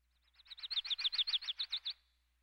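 Lucy's warbler giving a quick, evenly paced series of about a dozen high, sweet chip notes that swell in loudness and then stop abruptly.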